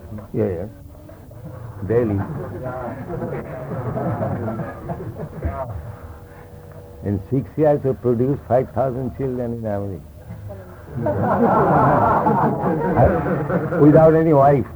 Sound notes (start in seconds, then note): 5.7 audience laughter; 10.0 audience laughter